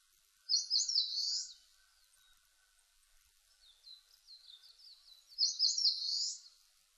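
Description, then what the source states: Eastern crowned warbler singing two loud, high buzzy phrases about five seconds apart, with fainter high notes between them. Recorded 19 April 2005.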